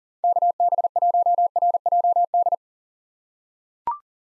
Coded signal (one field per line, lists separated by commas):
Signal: Morse code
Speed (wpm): 37 wpm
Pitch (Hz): 700 Hz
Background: none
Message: KB1RJD